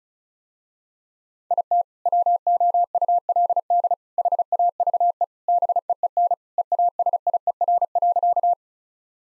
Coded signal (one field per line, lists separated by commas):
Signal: Morse code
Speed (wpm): 34 wpm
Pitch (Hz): 700 Hz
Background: none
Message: IT WOULD HAVE BEEN EASIER.